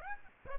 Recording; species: mosquito wingbeat signal from an infrared sensor; Aedes aegypti